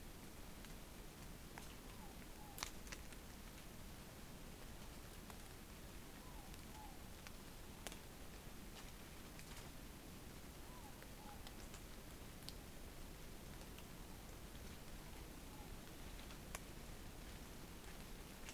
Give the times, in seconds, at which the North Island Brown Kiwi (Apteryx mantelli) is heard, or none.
none